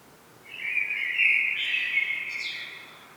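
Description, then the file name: Common blackbird, one song phrase: a full, fluty warble that swells and then closes with a brief high scratchy twitter. "Turdus merula"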